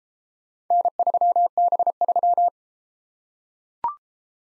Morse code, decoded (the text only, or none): N3B3